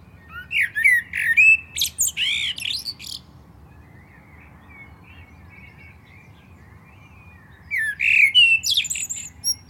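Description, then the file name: Common blackbird song: mellow fluted notes break into high squeaky twittering, a pause with faint birdsong, then a second warbled phrase begins near the end. "Turdus merula"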